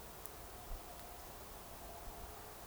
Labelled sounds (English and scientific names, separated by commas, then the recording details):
Eurasian Woodcock (Scolopax rusticola) whistle
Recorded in Baden-Württemberg, Germany, on 29 June 2020 at 02:28 UTC
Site 43791, 788 m above sea level